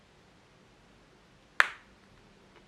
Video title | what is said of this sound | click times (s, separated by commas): How to Insert Safety Eyes for Amigurumi | Okay, you just heard it click once. | 1.6 s